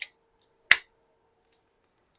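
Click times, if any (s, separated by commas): 0.7 s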